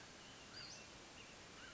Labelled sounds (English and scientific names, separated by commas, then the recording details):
Western Flycatcher (Empidonax difficilis)
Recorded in Sonoma County, California